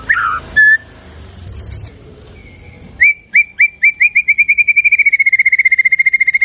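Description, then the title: White-rumped shama song opening with scattered varied whistles, then an accelerating series of clear whistled notes that quicken into a fast even trill. Lure recording of a loud, actively singing shama, intended to provoke a response from other birds. "PANCINGAN MURAI BATU GACOR"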